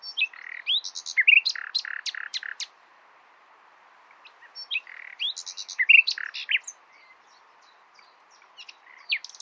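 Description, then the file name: Common nightingale repeating two similar phrases of loud harsh chirps and buzzy notes, several seconds apart, with faint notes trailing at the end. "Luscinia megarhynchos"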